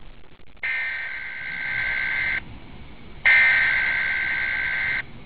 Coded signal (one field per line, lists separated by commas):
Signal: Emergency Alert System (SAME) tones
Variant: header bursts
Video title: eas maryland message 8/17/17